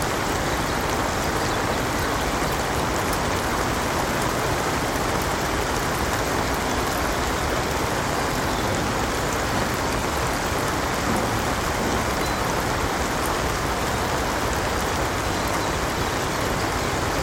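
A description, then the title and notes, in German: Soft summer rain patters steadily onto water, a dense, even hiss of countless small drops with no pauses or swells. Underneath, a faint low rumble suggests city traffic. The sound stays uniform from start to finish. Sanfter Sommerregen. Städtische Kanalatmosphäre. Entfliehen Sie auf ein gemütliches Hausboot in den charmanten Kanälen von Utrecht, wo das sanfte Prasseln des Sommerregens eine beruhigende ASMR-Klangkulisse erschafft. Wenn der Regen leise auf die Wasseroberfläche klopft, entsteht eine harmonische Melodie mit dem dezenten Leben der Stadt.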